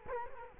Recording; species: mosquito wingbeat signal from an infrared sensor; Culex quinquefasciatus